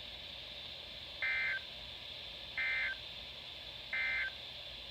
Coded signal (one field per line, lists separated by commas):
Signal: Emergency Alert System (SAME) tones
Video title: 8 Winter storm warnings EAS#429 - 436 From: 1/30/ 21